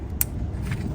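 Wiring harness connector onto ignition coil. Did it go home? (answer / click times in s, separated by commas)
yes / 0.2 s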